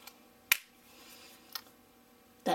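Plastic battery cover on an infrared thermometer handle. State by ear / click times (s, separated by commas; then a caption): seated / 0.5 s. After the batteries are loaded, the plastic battery compartment cover of a Sinocare infrared thermometer is pushed back onto the handle and snaps shut with a sharp, bright click at 0.5 s, so the cover is seated. A faint tick comes just before it, a softer tap follows at about 1.6 s, and a louder broadband rustle starts right at the end.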